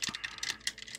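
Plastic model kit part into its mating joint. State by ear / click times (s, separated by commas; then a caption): not seated / none. A plastic part of a 1/72 Bandai VF-27β Lucifer Valkyrie Normal Type model kit is worked by hand into its mating joint while the kit is being transformed into Battroid mode. Quick, light plastic clicks and rattles fill the clip, with one sharper tick at 0.7 s. Nothing has seated or locked into place yet.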